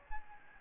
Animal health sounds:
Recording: mosquito wingbeat signal from an infrared sensor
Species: Aedes albopictus

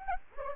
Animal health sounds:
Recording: mosquito wingbeat signal from an infrared sensor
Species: Anopheles gambiae

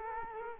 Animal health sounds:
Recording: mosquito wingbeat signal from an infrared sensor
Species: Culex quinquefasciatus

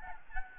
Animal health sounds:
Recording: mosquito wingbeat signal from an infrared sensor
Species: Aedes albopictus

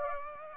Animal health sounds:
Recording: mosquito wingbeat signal from an infrared sensor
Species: Aedes aegypti

